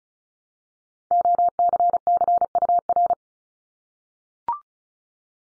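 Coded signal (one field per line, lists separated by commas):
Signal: Morse code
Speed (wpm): 36 wpm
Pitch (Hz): 700 Hz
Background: none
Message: OCCUR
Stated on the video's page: Morse head-copy practice set of multi-letter phonemes at 35 wpm.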